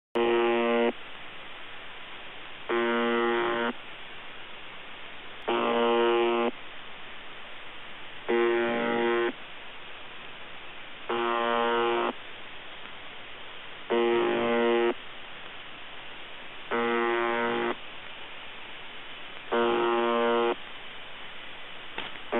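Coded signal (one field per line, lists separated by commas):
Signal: channel marker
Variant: UVB-76 (The Buzzer)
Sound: harsh low buzz about one second long, repeating eight times over steady hiss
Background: radio static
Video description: UVB-76 "The Buzzer" sounds a bit broken. Received in Denmark with Airspy HF+ and Gqrx SDR on 2017-10-21 23:53z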